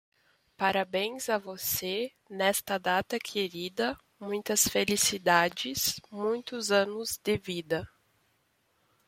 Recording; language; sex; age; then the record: short text; Brazilian Portuguese; female; 20 to 29 years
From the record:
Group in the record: control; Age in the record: 24 years